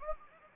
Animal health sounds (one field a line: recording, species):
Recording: mosquito wingbeat signal from an infrared sensor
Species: Anopheles gambiae